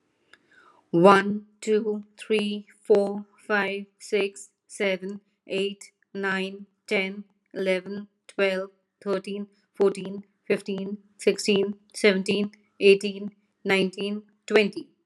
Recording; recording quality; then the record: counting at a normal pace; excellent, no background noise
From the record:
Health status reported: healthy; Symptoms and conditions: asthma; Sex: female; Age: 40 years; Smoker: not ticked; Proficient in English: yes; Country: India